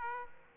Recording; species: mosquito wingbeat signal from an infrared sensor; Aedes aegypti